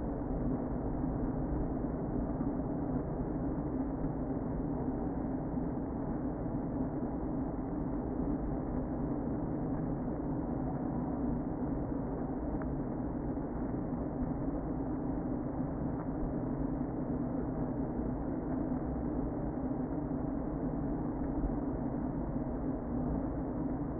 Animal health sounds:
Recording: honeybee colony, microphone inside the hive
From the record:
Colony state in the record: queen present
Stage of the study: before two queens were removed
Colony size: about 60,000 bees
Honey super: yes

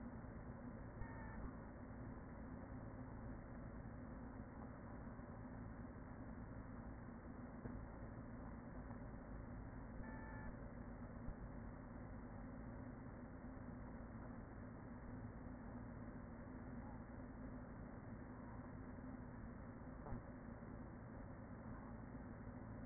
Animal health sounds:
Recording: honeybee colony, microphone inside the hive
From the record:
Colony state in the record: queen present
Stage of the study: after two queens were removed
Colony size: about 40,000 bees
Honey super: no

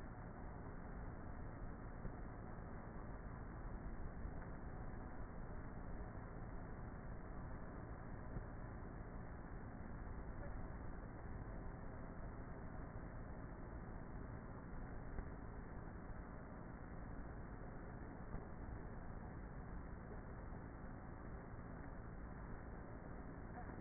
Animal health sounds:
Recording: honeybee colony, microphone inside the hive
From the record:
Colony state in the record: queenless with a low population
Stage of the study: before two queens were removed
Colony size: about 30,000 bees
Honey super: no

